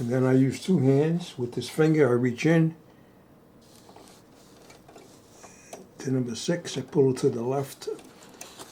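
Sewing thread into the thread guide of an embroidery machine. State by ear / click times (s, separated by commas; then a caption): seated / 8.4 s. Someone talks while threading a Brother PE900 embroidery machine, using two hands to pull the sewing thread to the left at thread guide number six so it seats in the small "bird's mouth" guide at number seven. A few faint, brief sounds occur during a quiet stretch around 4.0 to 5.7 s, then a sharp, short click at 8.4 s marks the thread seating into the guide.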